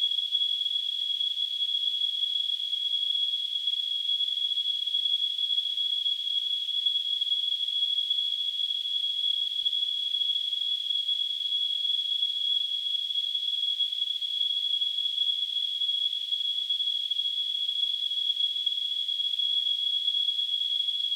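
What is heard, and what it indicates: A simulated tinnitus sound: a steady, unbroken high-pitched tone at about 3 kHz over a faint high hiss. It holds an even level throughout, with no low-frequency sound.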